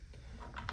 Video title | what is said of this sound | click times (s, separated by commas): CFMOTO U10 2 Door Window Tint Install - Easy DIY UTV Tint Kit | These stoppers will just pop in. | 0.7 s